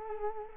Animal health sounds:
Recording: mosquito wingbeat signal from an infrared sensor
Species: Culex quinquefasciatus

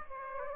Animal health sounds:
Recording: mosquito wingbeat signal from an infrared sensor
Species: Aedes aegypti

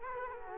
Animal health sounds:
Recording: mosquito wingbeat signal from an infrared sensor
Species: Culex quinquefasciatus

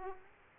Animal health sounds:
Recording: mosquito wingbeat signal from an infrared sensor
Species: Aedes aegypti

